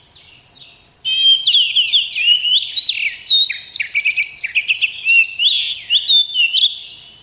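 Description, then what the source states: Oriental magpie-robin song, a long rolling stream of varied whistled and chattering notes, rising and falling quickly without pause, loud and continuous against a faint hiss. Rolling (ngerol) song from a masteran (tutoring) recording.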